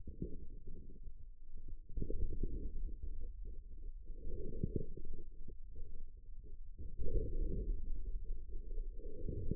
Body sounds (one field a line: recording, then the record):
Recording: forearm muscle sounds (acoustic myography)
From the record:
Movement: inward rotation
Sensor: system 2, bracelet of six BSWA MPA416 microphones around the upper forearm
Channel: 4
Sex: male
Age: 22 years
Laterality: right